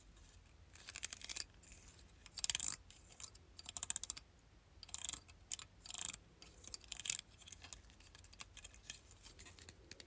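A plastic claw clip being handled, giving short bursts of bright clicking and clattering, with the loudest flurries around two and a half, five and six seconds. Between bursts come quieter scattered ticks over a faint low hum.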